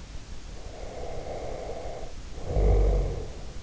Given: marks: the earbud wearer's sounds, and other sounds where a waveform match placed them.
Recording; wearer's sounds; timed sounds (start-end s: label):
sounds in sleep by an in-ear microphone; snoring breath
0.54-3.60 s: snoring breath